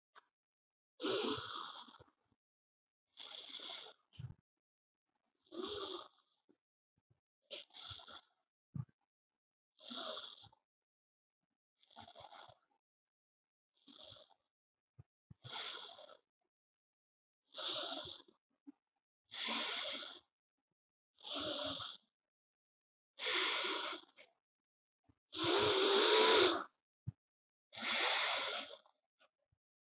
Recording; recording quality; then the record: deep breathing; excellent, no background noise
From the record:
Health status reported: healthy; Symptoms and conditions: none ticked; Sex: male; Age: 34 years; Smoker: yes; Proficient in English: yes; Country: India